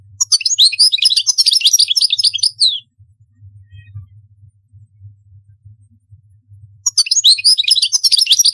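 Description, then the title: European goldfinch song: a fast, tinkling twitter lasting a few seconds, a pause with low hum, then the twittering resumes. "Chant Chardonneret"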